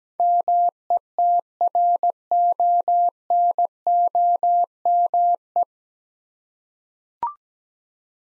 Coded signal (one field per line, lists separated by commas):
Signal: Morse code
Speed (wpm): 17 wpm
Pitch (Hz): 700 Hz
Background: none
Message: METRONOME